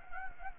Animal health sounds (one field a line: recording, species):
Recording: mosquito wingbeat signal from an infrared sensor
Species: Anopheles gambiae